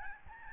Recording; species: mosquito wingbeat signal from an infrared sensor; Aedes albopictus